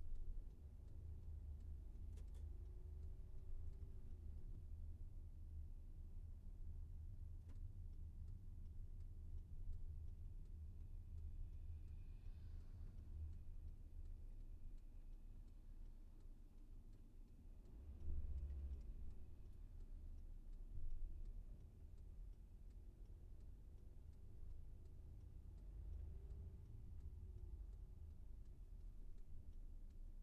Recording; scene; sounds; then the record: everyday scene through a hearing-aid microphone; in a vehicle; engine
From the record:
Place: VW T5 Caravelle, diesel engine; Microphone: behind the ear, left, front